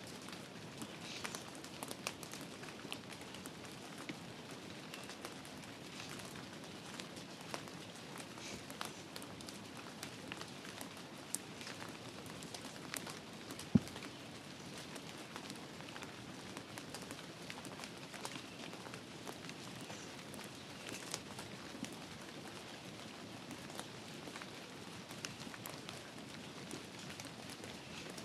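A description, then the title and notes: Steady rain patters densely on a forest path, a fine crackling hiss of drops with scattered taps and one sharp knock midway. Listen to the rain on the forest path.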